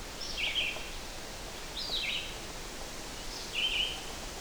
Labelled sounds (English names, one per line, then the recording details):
Red-eyed Vireo song
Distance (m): 15 m
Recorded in boreal forest in Alberta, Canada, on 8 June 2016 at 05:30
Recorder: SongMeter 3, array SBT-3-9
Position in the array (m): 19 m, 103 m